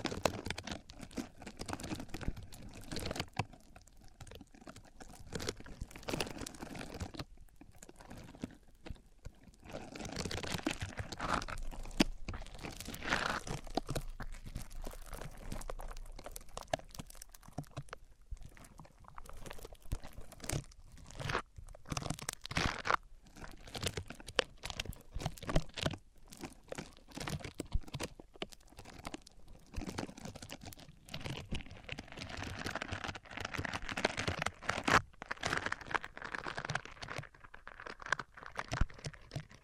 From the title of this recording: Rubbing Mics On Different Surfaces